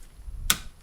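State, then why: Seated. A new transmission conductor plate for an SL55 AMG is pressed onto the valve body, and its plastic retaining ear snaps into its hole with one sharp, bright click at 0.5 s over a quiet, low background. With this second snap the conductor plate is seated.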